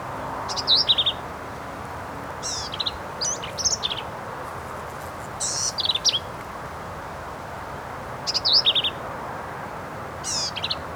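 Black-capped vireo song: series of short, varied high phrases, buzzy notes mixed with slurred whistles, separated by pauses, gentle hiss beneath.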